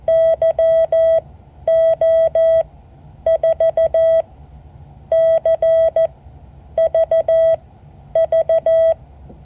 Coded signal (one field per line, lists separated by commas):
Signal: Morse code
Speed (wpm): 14 wpm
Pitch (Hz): 650 Hz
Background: none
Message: YO4CVV